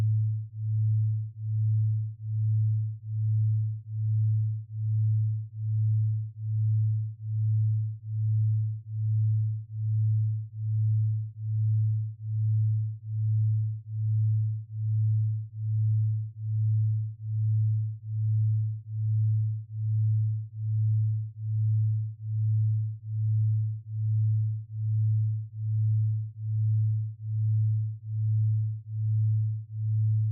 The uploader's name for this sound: 1.2Hz Delta Binaural Beat & 108Hz Carrier Tone